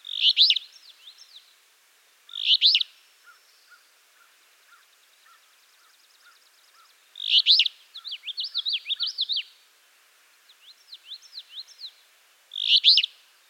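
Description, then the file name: Alder flycatcher repeats a short, rasping, burry phrase every two to five seconds, interleaved with another bird's rapid, twittering song and soft ticking notes. "Empidonax alnorum - Alder Flycatcher"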